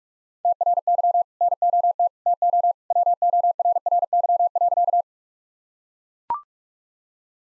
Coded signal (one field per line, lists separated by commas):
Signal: Morse code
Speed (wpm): 42 wpm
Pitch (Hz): 700 Hz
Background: none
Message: TRY NOT TO WORRY.